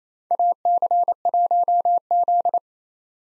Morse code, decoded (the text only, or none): AC1Z